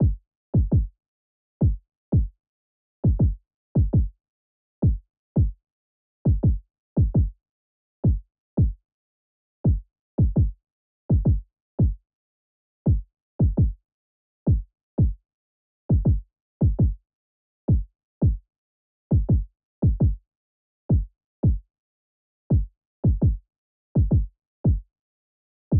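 Low, dull thumps come in quick, steady pairs against near silence, the familiar lub-dub of an adult heartbeat. The rate is about 112 beats per minute, faster than a typical resting rate. No other sounds are heard.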